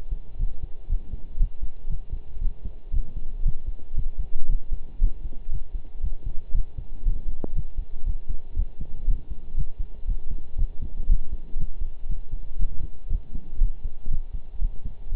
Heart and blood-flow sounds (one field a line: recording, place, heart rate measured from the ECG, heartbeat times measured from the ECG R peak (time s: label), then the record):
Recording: heart sounds by stethoscope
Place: between the tricuspid and mitral areas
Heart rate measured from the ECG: 118 bpm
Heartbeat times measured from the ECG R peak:
0.39 s: heartbeat
0.89 s: heartbeat
1.40 s: heartbeat
1.90 s: heartbeat
2.41 s: heartbeat
2.93 s: heartbeat
3.45 s: heartbeat
3.97 s: heartbeat
4.49 s: heartbeat
5.01 s: heartbeat
5.52 s: heartbeat
6.03 s: heartbeat
6.54 s: heartbeat
7.05 s: heartbeat
7.55 s: heartbeat
8.06 s: heartbeat
8.56 s: heartbeat
9.07 s: heartbeat
9.57 s: heartbeat
10.08 s: heartbeat
10.58 s: heartbeat
11.09 s: heartbeat
11.59 s: heartbeat
12.09 s: heartbeat
12.59 s: heartbeat
13.10 s: heartbeat
13.61 s: heartbeat
14.11 s: heartbeat
14.61 s: heartbeat
15.12 s: heartbeat
From the record:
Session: pedaling a stationary bicycle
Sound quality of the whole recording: partially saturated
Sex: male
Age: 23 years